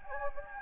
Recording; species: mosquito wingbeat signal from an infrared sensor; Anopheles gambiae